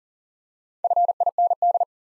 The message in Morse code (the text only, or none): FIND